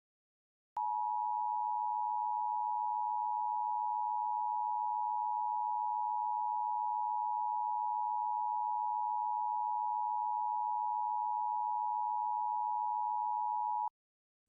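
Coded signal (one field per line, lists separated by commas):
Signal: Emergency Alert System (SAME) tones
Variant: 853 and 960 Hz attention tone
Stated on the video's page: Fictional EAS scenario, not a real alert.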